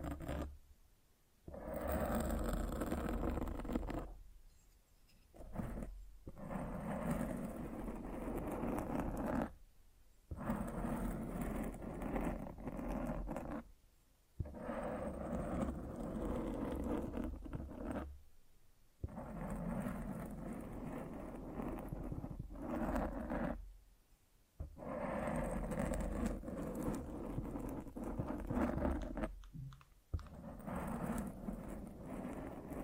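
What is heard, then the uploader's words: Rough scratching and rubbing against a microphone, loud and close, with a dense low rumble and crackle running through each stretch. The noise comes in bursts of a few seconds, broken by abrupt near-silent gaps at about 1, 4, 6, 10, 14, 19, 24 and 30 seconds. ASMR Fall Asleep to Mic Scratching 1 Hour No Talking.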